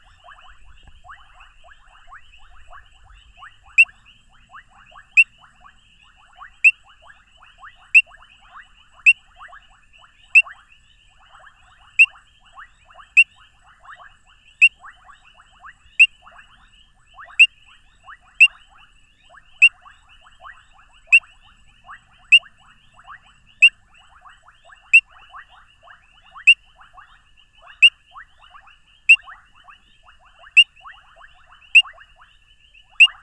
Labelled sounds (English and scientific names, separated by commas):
Painted Reed Frog (Hyperolius marmoratus) call